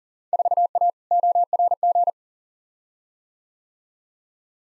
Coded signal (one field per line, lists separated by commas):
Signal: Morse code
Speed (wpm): 40 wpm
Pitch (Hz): 700 Hz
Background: none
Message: 4A ORG